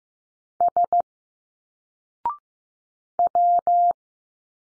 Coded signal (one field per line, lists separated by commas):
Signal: Morse code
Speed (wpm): 15 wpm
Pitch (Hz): 700 Hz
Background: none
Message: S W